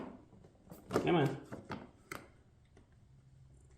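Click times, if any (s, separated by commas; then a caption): none. Someone pushes the plastic tab of a cosmetic part into the body of a Peg Perego John Deere Ground Loader ride-on toy tractor while talking. Only small plastic taps are heard, around 1.7, 2.1 and 2.8 seconds. The tab fails to snap in, and nothing has seated or clicked yet.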